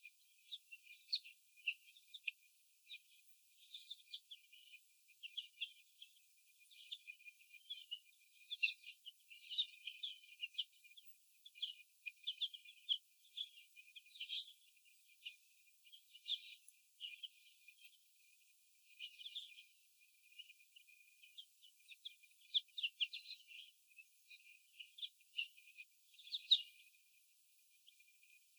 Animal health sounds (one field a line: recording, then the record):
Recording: young laying hens in a cage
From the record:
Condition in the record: after the stressor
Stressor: sudden umbrella opening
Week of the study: 2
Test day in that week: 1